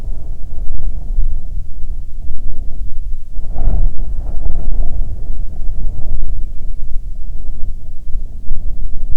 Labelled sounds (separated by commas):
wind